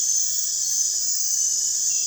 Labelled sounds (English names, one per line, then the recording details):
none
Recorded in dense forest near Puerto Asís, Putumayo, Colombia, on 23 June 2025 at 23:00
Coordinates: 0.468, -76.322
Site GP03